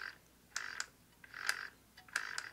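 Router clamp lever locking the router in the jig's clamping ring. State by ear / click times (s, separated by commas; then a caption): partly seated / 0.6 s, 2.2 s. The locking clamp lever on a router mounted in a 30 mm clamping ring of a dovetail jig is worked, giving sharp clicks at 0.6 s and 2.2 s, each followed by a shorter tick about 0.2 s later and another bright snap near 1.5 s. The lever only just clicks because it sits at the limit of its locking travel, so it does not lock comfortably.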